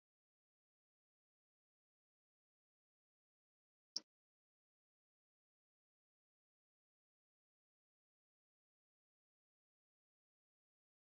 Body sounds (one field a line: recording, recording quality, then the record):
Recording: shallow breathing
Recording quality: moderate, slight background noise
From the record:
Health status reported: healthy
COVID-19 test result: negative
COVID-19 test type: rapid antigen test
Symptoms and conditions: cough, fatigue, diarrhoea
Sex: male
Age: 25 years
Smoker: no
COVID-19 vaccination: both doses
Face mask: worn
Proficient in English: yes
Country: India